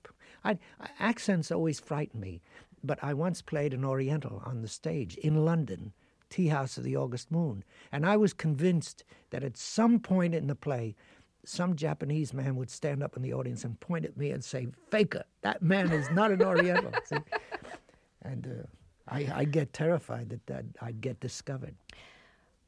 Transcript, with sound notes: accents always frighten me, but I once played an Oriental on the stage in London - "Tea House of the August Moon." And I was convinced that, at some point in the play, some Japanese man would stand up in the audience and point at me and say, faker. That man is not an Oriental, see?
(Laughing).
And I'd get terrified that I'd get discovered.